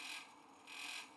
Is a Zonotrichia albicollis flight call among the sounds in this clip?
no